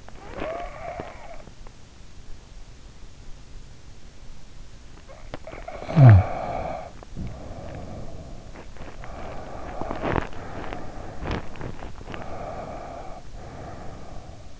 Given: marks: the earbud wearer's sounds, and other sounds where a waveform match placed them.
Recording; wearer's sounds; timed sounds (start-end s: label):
sounds in sleep by an in-ear microphone; teeth grinding, snoring breath, breath
0.00-1.20 s: teeth grinding
0.13-1.57 s: snoring breath
5.00-5.56 s: teeth grinding
5.36-8.37 s: snoring breath
8.37-11.93 s: breath
8.48-12.29 s: teeth grinding
12.03-14.60 s: breath